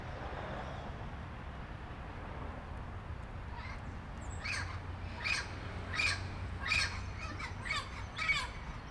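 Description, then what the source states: Parrot giving several harsh squawks in quick succession in the second half, over a steady low rumble of street traffic. Daytime street traffic.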